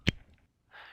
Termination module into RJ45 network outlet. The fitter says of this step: you should hear the latch shown here click past the first retention bump on the module